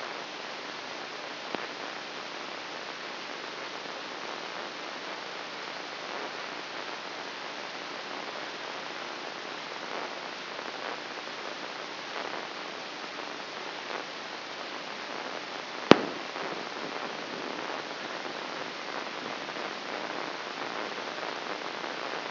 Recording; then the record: brain microelectrode recording played as sound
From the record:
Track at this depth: inside the subthalamic nucleus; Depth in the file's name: 4.908 mm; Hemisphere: left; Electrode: 3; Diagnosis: Parkinson's disease